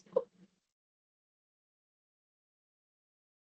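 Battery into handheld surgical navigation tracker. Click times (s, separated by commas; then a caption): 0.2 s. A regular-looking battery is pushed straight into a handheld surgical navigation tracker (a retractor tracker) until it seats. A sharp, short click is heard at 0.2 s, with a brief low thump just after, then silence. The device then shows a green light.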